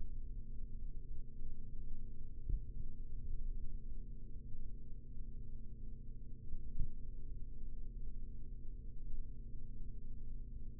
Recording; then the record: forearm muscle sounds (acoustic myography)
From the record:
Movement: rest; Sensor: system 3, bracelet of six PUI Audio POM-2738L microphones around the upper forearm, with dedicated amplification and filtering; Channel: 2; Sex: male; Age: 43 years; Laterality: right